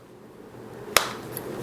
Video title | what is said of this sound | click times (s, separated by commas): OFFICIAL Galaxy Z Fold 3 Screen Protector (Case Friendly) Install Guide Review | so we just kind of slide this in place click it in i like how it just kind of snaps into place | 1.0 s